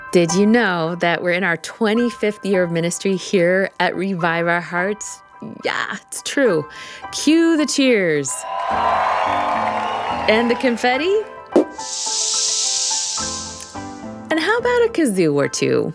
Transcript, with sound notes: Did you know we’re in our 25th year of ministry here at Revive Our Hearts? It’s true! Cue the cheers! (people cheer) And the confetti! (confetti pops) How about a kazoo or two?!